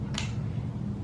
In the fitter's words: you'll hear that little click and now it's locked so right now it's 16 and a half